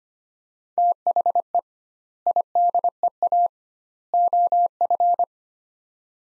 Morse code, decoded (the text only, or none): THE IDEA OF